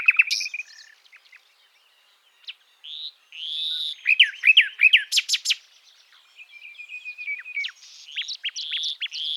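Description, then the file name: Common nightingale singing scattered whistles and a pause, then a rich burst of loud rapid slurred notes and sharp clicks, ending in quick repeated notes. "Luscinia megarhynchos"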